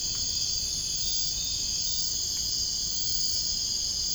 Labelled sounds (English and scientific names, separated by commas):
none